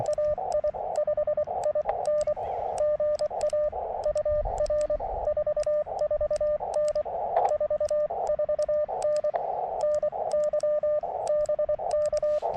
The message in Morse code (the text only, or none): AI5IN GA UR 44N 44N NY BK